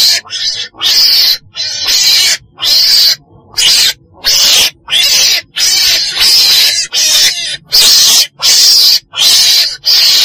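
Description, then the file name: Weasel giving a rapid series of short, harsh, breathy screeches, more than a dozen bursts in quick succession. Described as a black weasel (chồn đen) calling. "tieng chon den keu"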